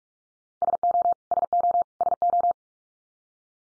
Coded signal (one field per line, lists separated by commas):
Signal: Morse code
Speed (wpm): 44 wpm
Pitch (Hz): 700 Hz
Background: none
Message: SO SO SO